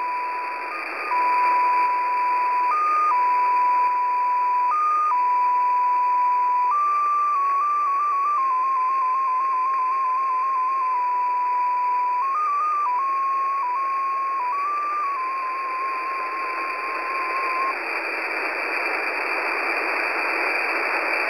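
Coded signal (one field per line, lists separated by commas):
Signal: numbers station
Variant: XPA2 data mode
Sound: single steady tone hopping slowly between a few close pitches, then only hiss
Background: radio static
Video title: XPA2 Data Mode 08/07/2023 0910 UTC 13445kHz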